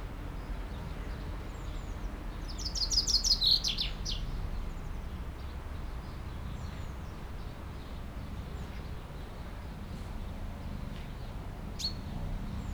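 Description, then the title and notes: Common chaffinch song: one bright, rapid descending trill ending in a brief flourish, over constant low background rumble; a faint sharp note near the end. Singing in a tree while preening, 30 Rue Eugène Fert, Aix-les-Bains, France; faint Sierroz stream in background. "30 Rue Eugène Fert, 73100 Aix-les-Bains, France - Pinson des arbres. Un pinson chante dans un arbre et je le vois faire sa toilette, une petite séquence différente de sa ritournelle habituelle"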